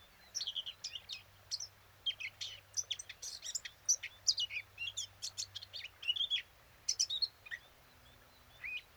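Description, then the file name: Eurasian blackcap song, a loose series of sharp high notes and brief warbled phrases over faint background noise. "Sylvia atricapilla"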